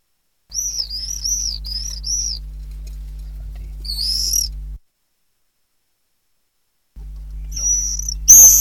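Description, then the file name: Common swift calls, a short series of wavering shrill trills, a brief burst, a gap of silence, then another shrill trill at the end, over a low hum. "apus apus"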